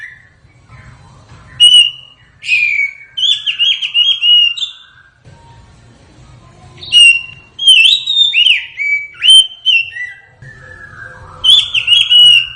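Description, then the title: Magpie-robin song of bright whistled and slurred notes in irregular bursts, with a soft low rumble underneath at times. "SUARA KACER HUTAN"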